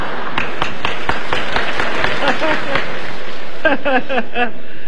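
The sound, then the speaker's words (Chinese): An audience claps steadily in a dense, crackling burst of applause lasting several seconds, with scattered voices and what sounds like laughter mixed in toward the end. “哎呀，亲爱的观众还真热情啊，我爸爸都半身不遂了，您还鼓掌呢。”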